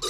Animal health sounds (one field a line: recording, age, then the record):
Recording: pig call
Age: weaner (32 to 43 days)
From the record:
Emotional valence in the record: negative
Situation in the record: novel object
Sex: female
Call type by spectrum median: high-frequency call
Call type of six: high-frequency stable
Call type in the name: high-frequency stable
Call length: 0.09 s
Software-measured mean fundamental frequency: 405 Hz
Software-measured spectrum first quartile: 732 Hz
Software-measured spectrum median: 3121 Hz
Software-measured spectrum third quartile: 4921 Hz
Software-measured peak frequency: 3858 Hz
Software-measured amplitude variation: 44 dB a second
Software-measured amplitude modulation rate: 15.9 a second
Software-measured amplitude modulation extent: 2.8 dB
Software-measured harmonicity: 2.0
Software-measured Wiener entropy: -2.20